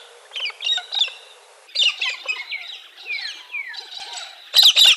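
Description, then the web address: Galah calls: scratchy screeches and short downward-slurring squawks in irregular bursts, ending in two loud, harsh shrieks. Recorded in a garden in Canberra. "canberra-garden-birds cockatoos-and-parrots galah"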